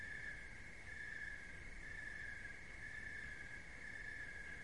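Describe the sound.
Cricket gives a shrill, continuous trill, gently throbbing about every second, above soft low noise.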